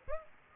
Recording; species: mosquito wingbeat signal from an infrared sensor; Aedes aegypti